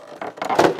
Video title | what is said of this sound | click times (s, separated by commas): Goldstrike Trunk Light with Lightstrike Lighting Installation for 2021 newer Honda Gold Wings | just like that you'll hear it snap now that | 0.6 s